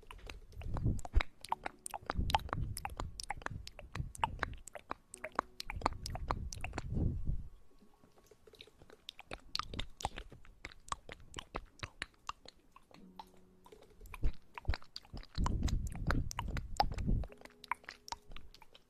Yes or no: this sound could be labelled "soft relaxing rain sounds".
no